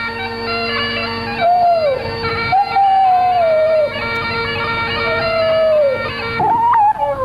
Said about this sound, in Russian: Почему твой Монморанси воет, когда я играю? Джордж, а зачем ты играешь, если он воет? Оставь собаку в покое. Она не может не выть. У нее музыкальный слух. Как же ей не выть от твоей игры, Джордж?